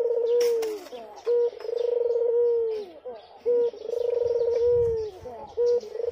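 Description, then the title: Barbary dove producing rhythmic rolling coos, short note then a long vibrating phrase, three cycles, with light bird chirps and a low thump. White Barbary dove (puter putih), a masteran training sound played to songbirds. "Kicau Mania Masteran Burung Puter Putih"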